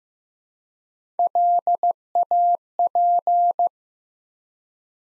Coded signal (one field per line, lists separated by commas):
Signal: Morse code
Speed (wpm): 15 wpm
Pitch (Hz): 700 Hz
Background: none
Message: LAP